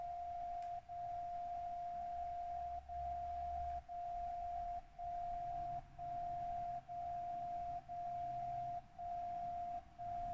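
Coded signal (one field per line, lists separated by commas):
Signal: radio time signal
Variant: DCF77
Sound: continuous mid-pitched tone briefly dropping once per second, one second without drop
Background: low hum, radio noise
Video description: In this video, I'm receiving the time signal with Software Defined Radio from SDRPlay - RSP1A tuned to 77.5 kHz and a Tecsun MW Ferrite Antenna on the right side. (the annoying sound you hear in the background)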